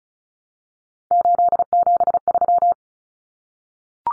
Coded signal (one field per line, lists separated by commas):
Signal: Morse code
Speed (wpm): 34 wpm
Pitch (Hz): 700 Hz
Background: none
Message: 873